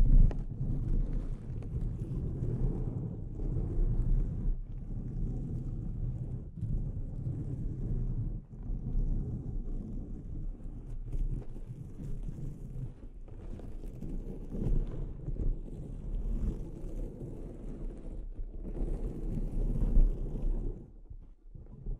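Scratching and tapping on a microphone produce a continuous low, thick rumble that fills the whole clip. Brief breaks and sharp taps cut in every couple of seconds, with faint brighter scraping streaks showing up now and then above the steady murmur.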